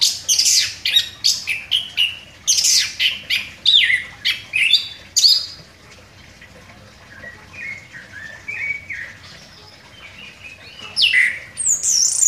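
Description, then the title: Orange-headed thrush song, a rapid run of varied phrases mixing harsh scratchy notes with clear whistled slurs, bursting for five seconds, then softer warbled notes and a final harsh flourish. Singing vigorously (gacor). "Anis Kembang Gacor"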